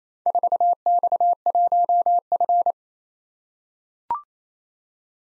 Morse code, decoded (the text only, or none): 4X1F